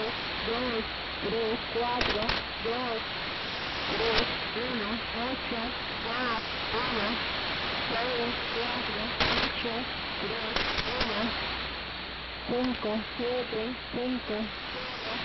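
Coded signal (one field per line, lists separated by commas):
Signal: numbers station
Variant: HM01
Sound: short spoken words read at a steady pace through hiss, with occasional static crashes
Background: radio static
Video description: A broadcast of the Cuban Numbers Station HM01 on 05/21/2017 ~04:00 UTC on 10860 kHz.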